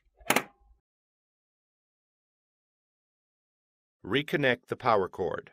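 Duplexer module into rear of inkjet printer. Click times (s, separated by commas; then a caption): 0.3 s, 0.4 s. The plastic rear duplexer module is pushed into the back of an HP Officejet Pro 8000 (A809a) inkjet printer and snaps into place with a sharp double click at 0.3 and 0.4 seconds, leaving it seated. A few seconds of silence follow before someone talks from about 4.0 seconds.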